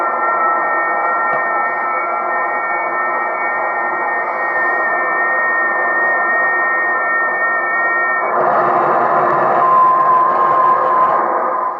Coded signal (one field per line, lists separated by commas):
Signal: FT8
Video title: FT8 Ops Have ZERO Respect for CW Ops